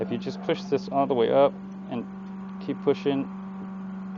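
Someone talks while the head of a 10-inch compound miter saw is pushed all the way up and held there, working the head lock in the saw's pivot arm, over a steady low hum. Nothing has seated or clicked yet; the head lock has not caught in the raised position by the end of the clip.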